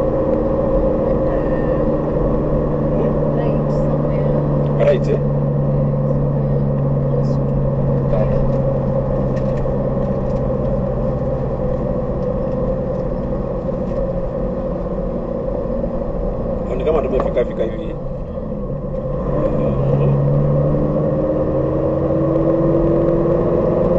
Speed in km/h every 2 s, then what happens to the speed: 50, 49, 47, 45, 44, 42, 39, 39, 36, 26, 27, 33.
0-18 slows to 26. 20-24 speeds up to 33.